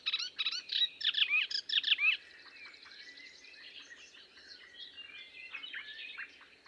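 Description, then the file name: Melodious warbler song, a loud burst of fast twittering notes followed by quieter scratchy phrases. "British Library - Melodious Warbler Hippolais polyglotta"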